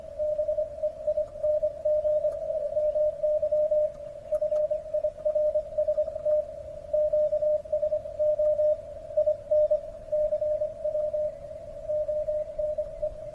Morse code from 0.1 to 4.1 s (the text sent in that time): BEING MY